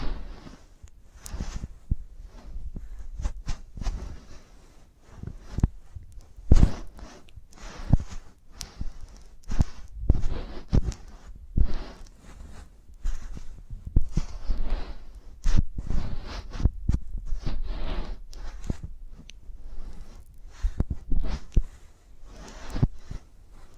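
Chewing and squishing on a giant gummy bear, with dense, irregular sticky clicks and soft low thumps continuing throughout without pause.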